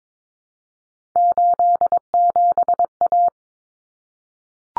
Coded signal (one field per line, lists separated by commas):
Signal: Morse code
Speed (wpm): 22 wpm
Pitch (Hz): 700 Hz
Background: none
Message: 87A